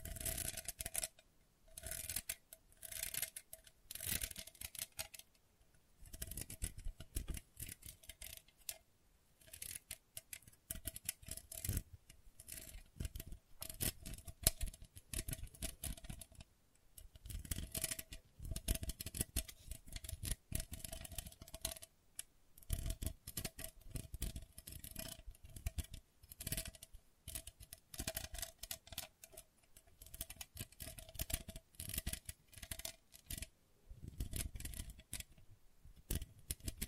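Gentle scratching comes in quick, uneven bursts of crisp, papery strokes, with short pauses near 5, 10, 17 and 23 seconds. The strokes are dense and bright but soft overall. A faint steady hum sits underneath throughout.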